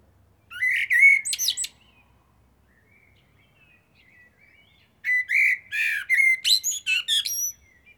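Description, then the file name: Common blackbird song: a short fluted phrase with a scratchy high ending, then after about three seconds of quiet a longer warbling phrase with thin, high twitters. "Turdus merula"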